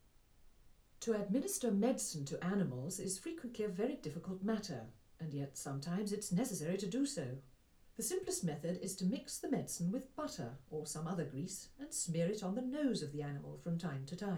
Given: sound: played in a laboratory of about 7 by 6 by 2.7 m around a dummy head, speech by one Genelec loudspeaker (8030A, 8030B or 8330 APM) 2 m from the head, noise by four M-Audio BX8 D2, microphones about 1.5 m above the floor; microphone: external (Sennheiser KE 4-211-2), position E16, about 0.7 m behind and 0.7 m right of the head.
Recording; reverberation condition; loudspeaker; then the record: female speech in English; low; 30 degrees to the right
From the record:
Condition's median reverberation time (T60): about 310 ms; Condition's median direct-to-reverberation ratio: about 3.5 dB